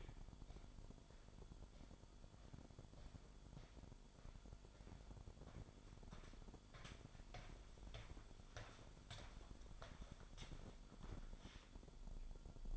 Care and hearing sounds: daily activity, microphone in the room; walk to room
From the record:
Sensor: 5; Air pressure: 1008.3 hPa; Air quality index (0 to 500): 124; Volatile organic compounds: 1 ppm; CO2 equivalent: 952 ppm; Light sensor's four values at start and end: 34/80/32/31 and 34/76/31/31

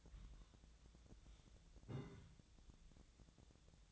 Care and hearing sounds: daily activity, microphone in the room; take from stove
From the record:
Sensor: 3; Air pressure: 1009.9 hPa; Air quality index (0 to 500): 188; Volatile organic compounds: 14 ppm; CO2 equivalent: 2450 ppm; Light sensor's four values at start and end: 41/103/44/47 and 41/103/44/47

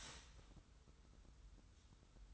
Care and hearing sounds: daily activity, microphone in the room; start toaster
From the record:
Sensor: 3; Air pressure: 990.7 hPa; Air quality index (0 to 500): 157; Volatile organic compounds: 696 ppm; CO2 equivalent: 5038 ppm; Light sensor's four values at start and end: 34/81/33/31 and 34/82/33/31

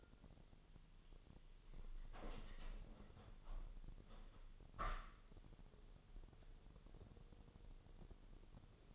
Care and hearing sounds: daily activity, microphone in the room; open window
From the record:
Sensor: 4

